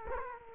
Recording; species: mosquito wingbeat signal from an infrared sensor; Culex quinquefasciatus